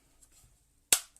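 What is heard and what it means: A plastic battle-damage panel is snapped back onto a Mattel Jurassic World Dominion toy helicopter after a failed try. Faint handling rustle leads to a sharp, loud snap at 0.9 seconds that rings out briefly, followed by a small tick. The panel is seated back in place.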